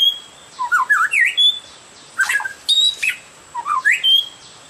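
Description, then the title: Oriental magpie-robin giving harsh, scratchy phrases mixed with rising whistled slurs, in several short bursts with gaps between them. "Kicau Kacer"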